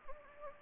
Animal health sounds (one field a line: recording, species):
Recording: mosquito wingbeat signal from an infrared sensor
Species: Anopheles gambiae